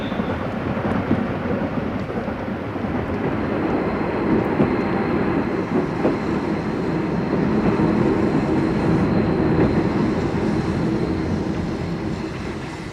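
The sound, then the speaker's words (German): A heavy FD express train to Paris pulls into a station with a steady, low roar and rattling wheels, the noise swelling slightly and then easing toward the end. No one speaks. “Es hat Einfahrt der fahrplanmäßige FD-Zug nach Paris.”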